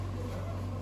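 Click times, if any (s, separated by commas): none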